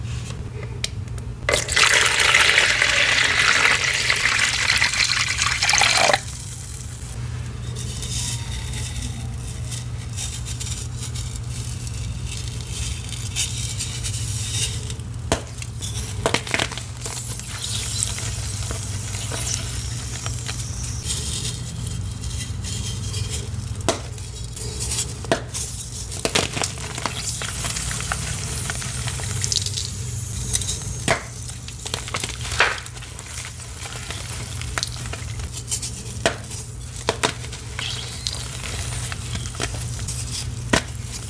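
Crushed, crumbling material fizzes and crackles into water, loudest in the first six seconds, then scattered clicks and pops over a low steady hum.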